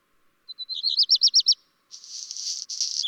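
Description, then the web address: Black redstart song: a few short notes, a quick run of warbled notes, then after a pause a dry crackling, hissy burst. "chant xeno-canto rougequeue noir"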